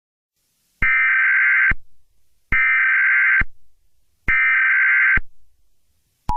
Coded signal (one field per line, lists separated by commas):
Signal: Emergency Alert System (SAME) tones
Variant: header bursts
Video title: EAS Scenario #1: The Jersey Devil